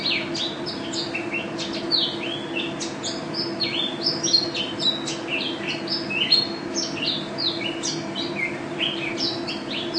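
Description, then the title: White-eye song: a rapid, continuous stream of high, sharp chirps and short twittering slurs, with a steady low hum underneath. Contest bird, national first-place champion, described as gacor and ropel (singing constantly and rapidly), with a song filled with canary notes (isian kenari); video from 2015. "Pleci Juara 1 Nasional pleci Gacor juara nasional teler gacor ropel pleci isian kenari Video 2015"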